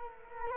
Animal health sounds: mosquito wingbeat signal from an infrared sensor; Culex quinquefasciatus

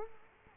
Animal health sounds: mosquito wingbeat signal from an infrared sensor; Culex quinquefasciatus

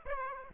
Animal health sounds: mosquito wingbeat signal from an infrared sensor; Aedes aegypti

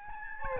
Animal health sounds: mosquito wingbeat signal from an infrared sensor; Aedes albopictus

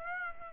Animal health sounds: mosquito wingbeat signal from an infrared sensor; Aedes aegypti

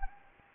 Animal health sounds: mosquito wingbeat signal from an infrared sensor; Anopheles gambiae

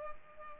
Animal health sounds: mosquito wingbeat signal from an infrared sensor; Culex pipiens

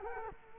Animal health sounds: mosquito wingbeat signal from an infrared sensor; Culex quinquefasciatus

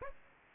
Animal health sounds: mosquito wingbeat signal from an infrared sensor; Aedes aegypti

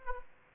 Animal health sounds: mosquito wingbeat signal from an infrared sensor; Aedes albopictus

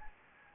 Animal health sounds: mosquito wingbeat signal from an infrared sensor; Anopheles gambiae

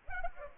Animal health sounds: mosquito wingbeat signal from an infrared sensor; Culex pipiens

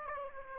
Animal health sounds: mosquito wingbeat signal from an infrared sensor; Aedes aegypti

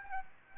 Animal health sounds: mosquito wingbeat signal from an infrared sensor; Aedes aegypti

